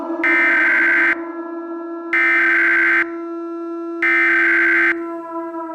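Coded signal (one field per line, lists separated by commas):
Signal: Emergency Alert System (SAME) tones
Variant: header bursts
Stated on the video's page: Fictional New Year's EAS story with possibly valid SAME tones.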